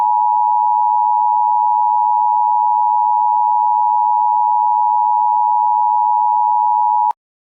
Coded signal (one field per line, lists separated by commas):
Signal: Emergency Alert System (SAME) tones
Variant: 853 and 960 Hz attention tone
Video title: EAS MOCK - Tornado Watch to warning - California